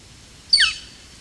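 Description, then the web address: Northern Flicker uttering one piercing, quick descending call note against a quiet background. "chant xeno-canto pic flamboyant"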